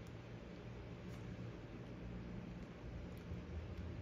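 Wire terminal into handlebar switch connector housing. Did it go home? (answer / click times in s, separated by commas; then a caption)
no / none. A second crimped wire terminal is being handled and lined up to go straight into the plastic handlebar switch connector housing during a Zero Motorcycle cruise control button swap. Only a steady broadband hiss with a low hum is heard, with no sharp sounds. The terminal has not seated or clicked yet.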